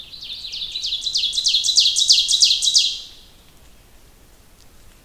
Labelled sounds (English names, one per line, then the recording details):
Ovenbird song
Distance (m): 10 m
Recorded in boreal forest in Alberta, Canada, on 2 June 2016 at 06:30
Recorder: SongMeter 3, array SBT-3-7
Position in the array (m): 78 m, 93 m
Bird 5